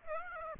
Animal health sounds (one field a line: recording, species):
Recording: mosquito wingbeat signal from an infrared sensor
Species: Aedes aegypti